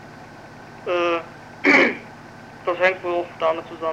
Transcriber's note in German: räuspert